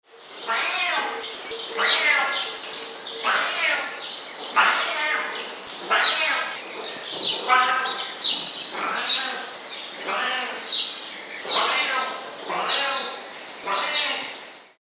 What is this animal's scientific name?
Felis chaus